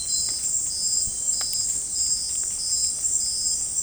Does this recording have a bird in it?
no